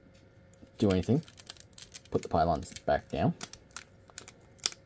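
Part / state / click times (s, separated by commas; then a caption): plastic pylon parts folding into the figure's body / seated / 4.7 s. Someone talks while folding the plastic pylons on a transforming robot figure back down into its body, with small plastic clicks and taps along the way. The loudest, sharpest snap comes at 4.7 s, as the pylons snap into place and seat.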